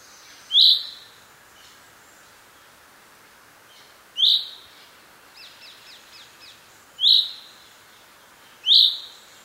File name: Fringilla coelebs